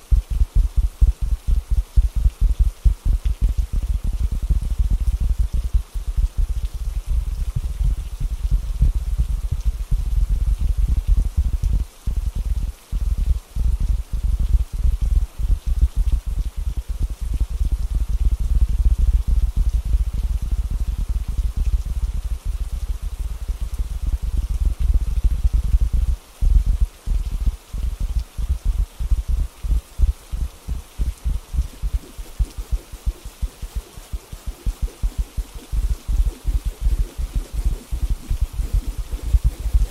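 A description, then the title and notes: Rapid, irregular tapping runs through the whole clip over a steady rain-like patter, heavy and low in tone with little brightness. The taps come densely, with brief gaps near 12 and 26 seconds, and a faint thin tone hangs underneath throughout. ASMR Fast & Calming Tapping With Rain Sounds (No Talking).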